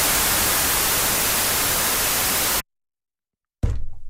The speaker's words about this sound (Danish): Prøv at lade os lige få hvid støj igen.